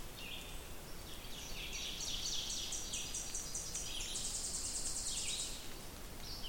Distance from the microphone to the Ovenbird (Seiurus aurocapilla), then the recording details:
about 55 m. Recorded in boreal forest in Alberta, Canada, on 2 June 2016 at 08:12. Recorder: SongMeter 3, array SBT-3-7. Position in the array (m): 263 m, 12 m. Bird 10